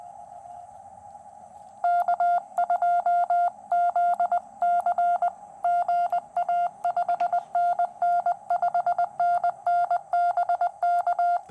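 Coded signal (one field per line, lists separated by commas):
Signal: Morse code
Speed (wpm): 20 wpm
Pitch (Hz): 700 Hz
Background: none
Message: K2ZC GA 5NN 5NN BK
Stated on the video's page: QRP POTA activation on a QRP Labs QMX high-band transceiver with a carbon fiber mast antenna.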